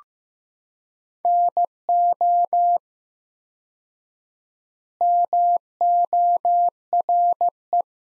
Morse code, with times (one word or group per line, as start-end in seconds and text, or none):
1.2-2.8 NO
5.0-7.8 MORE